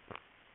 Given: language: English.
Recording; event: throat vibration sensor signal played as sound; swallow